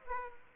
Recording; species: mosquito wingbeat signal from an infrared sensor; Aedes aegypti